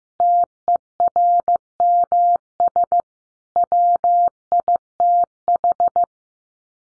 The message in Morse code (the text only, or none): TERMS WITH